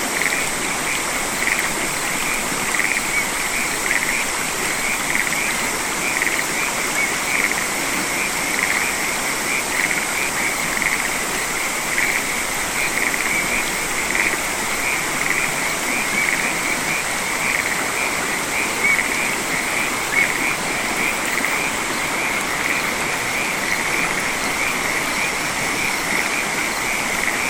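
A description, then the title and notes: Rice fields on a warm summer evening, filled with a dense, unbroken chorus of frogs and insects. A bright, steady trill sits high above a lower shimmering hum, with no pauses or changes in level across the whole stretch. RICE FIELDS • On a Warm Summer Evening.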